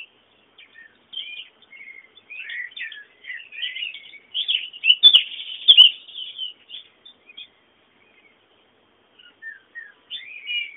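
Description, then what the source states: Birds chirping in a busy mix of short twittering notes, rising to a louder cluster midway with a few sharp clicks, then easing into scattered calls. Bird sounds meant as background ambience.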